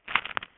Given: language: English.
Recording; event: throat vibration sensor signal played as sound; swallow